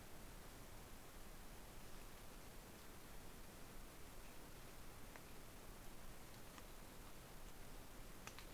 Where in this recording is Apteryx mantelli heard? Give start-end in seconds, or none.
none